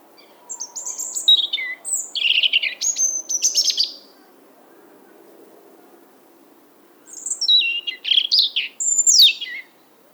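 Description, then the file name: European robin song: two phrases of high, sweet, varied whistles and descending trills separated by a few seconds of quiet, with a gentle low background hum. "Erithacus rubecula"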